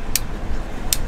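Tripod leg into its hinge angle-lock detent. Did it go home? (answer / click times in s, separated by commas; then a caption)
yes / 0.2 s, 0.9 s. A carbon travel tripod leg is folded out and pushed through its leg-angle positions, and the angle lock clicks into its hinge detents with two sharp, bright clicks at 0.2 s and 0.9 s over a low background rumble. The leg is seated in its angle stop.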